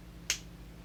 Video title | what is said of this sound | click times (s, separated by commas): Aftermarket Bezels for Casio G-Shock Watches! Titanium & Stainless Steel Bezels: 5610, 5600, GA-2100 | should easily snap right into place | 0.3 s